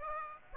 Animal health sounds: mosquito wingbeat signal from an infrared sensor; Aedes aegypti

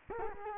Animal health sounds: mosquito wingbeat signal from an infrared sensor; Culex quinquefasciatus

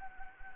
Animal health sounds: mosquito wingbeat signal from an infrared sensor; Anopheles gambiae

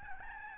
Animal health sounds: mosquito wingbeat signal from an infrared sensor; Aedes albopictus

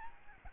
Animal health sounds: mosquito wingbeat signal from an infrared sensor; Aedes albopictus

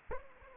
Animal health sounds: mosquito wingbeat signal from an infrared sensor; Anopheles arabiensis

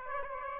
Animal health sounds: mosquito wingbeat signal from an infrared sensor; Aedes aegypti

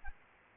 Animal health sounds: mosquito wingbeat signal from an infrared sensor; Aedes albopictus

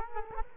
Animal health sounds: mosquito wingbeat signal from an infrared sensor; Culex quinquefasciatus

